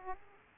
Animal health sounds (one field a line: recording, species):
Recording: mosquito wingbeat signal from an infrared sensor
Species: Aedes aegypti